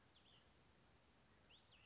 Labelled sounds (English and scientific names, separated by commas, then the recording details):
Cassin's Vireo (Vireo cassinii)
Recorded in Sonoma County, California